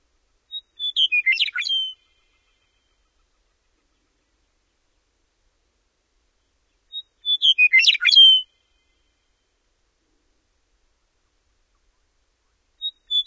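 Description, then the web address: Western meadowlark singing its flute-like, gurgling phrase twice, roughly six seconds apart, with a third phrase beginning at the very end. Recorded in North America. "Know Your Bird Sounds Common Western Species 14-Western Meadowlark"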